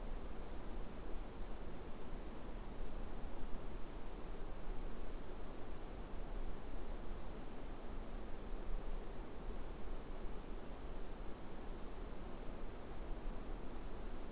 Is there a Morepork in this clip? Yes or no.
no